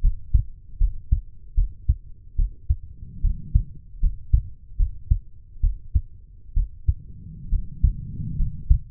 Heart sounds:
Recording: heart sounds by stethoscope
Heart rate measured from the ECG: 72 bpm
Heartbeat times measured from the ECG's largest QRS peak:
0.02 s: heartbeat
0.79 s: heartbeat
1.55 s: heartbeat
2.36 s: heartbeat
3.22 s: heartbeat
4.01 s: heartbeat
4.77 s: heartbeat
5.61 s: heartbeat
6.54 s: heartbeat
7.50 s: heartbeat
8.37 s: heartbeat
From the record:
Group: healthy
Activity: cold pressor test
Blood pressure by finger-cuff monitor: 99/59 mmHg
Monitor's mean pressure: 72 mmHg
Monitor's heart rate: 72 bpm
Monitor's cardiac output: 6.3 L/min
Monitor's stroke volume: 87 mL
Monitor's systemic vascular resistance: 790 dyn s/cm5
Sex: female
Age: 23 years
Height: 160 cm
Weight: 50.4 kg

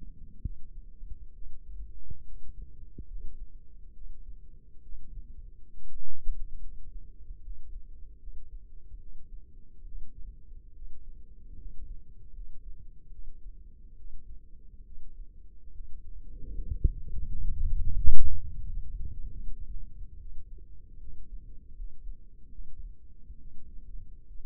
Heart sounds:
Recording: heart sounds by microphone in the left ear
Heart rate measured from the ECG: 73 bpm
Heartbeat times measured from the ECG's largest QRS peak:
0.42 s: heartbeat
1.33 s: heartbeat
2.24 s: heartbeat
3.06 s: heartbeat
3.93 s: heartbeat
4.81 s: heartbeat
5.73 s: heartbeat
6.60 s: heartbeat
7.41 s: heartbeat
8.18 s: heartbeat
8.98 s: heartbeat
9.84 s: heartbeat
10.73 s: heartbeat
11.56 s: heartbeat
12.32 s: heartbeat
13.10 s: heartbeat
13.96 s: heartbeat
14.84 s: heartbeat
15.71 s: heartbeat
16.53 s: heartbeat
17.25 s: heartbeat
17.96 s: heartbeat
18.65 s: heartbeat
19.39 s: heartbeat
20.18 s: heartbeat
20.99 s: heartbeat
21.75 s: heartbeat
22.50 s: heartbeat
23.39 s: heartbeat
24.27 s: heartbeat
From the record:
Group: healthy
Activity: rest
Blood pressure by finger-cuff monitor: 117/64 mmHg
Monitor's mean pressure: 80 mmHg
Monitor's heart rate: 72 bpm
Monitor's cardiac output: 6.8 L/min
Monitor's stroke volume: 93 mL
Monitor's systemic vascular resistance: 840 dyn s/cm5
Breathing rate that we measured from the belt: 13 breaths a minute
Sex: female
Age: 22 years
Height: 160 cm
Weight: 63 kg

